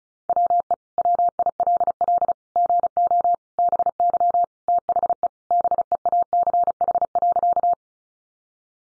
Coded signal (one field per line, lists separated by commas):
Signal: Morse code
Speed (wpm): 34 wpm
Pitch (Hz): 700 Hz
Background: none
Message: WE WILL GO BY THE BEACH.